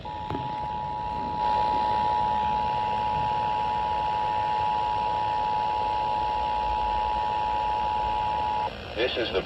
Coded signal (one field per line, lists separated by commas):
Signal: Emergency Alert System (SAME) tones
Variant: 853 and 960 Hz attention tone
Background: speech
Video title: (EAS 44) Another Immediate Evacuation